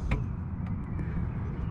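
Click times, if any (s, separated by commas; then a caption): none. An H7 low/high beam headlight bulb is pushed into its holder in the headlamp housing on the front left (passenger) side of a Corsa E, with its metal spring retaining clip being pressed toward locking. A short sharp handling knock comes at about 0.1 s over a steady low rumble, followed by a few faint light ticks. The bulb and clip are still being handled, and nothing has seated or clicked yet.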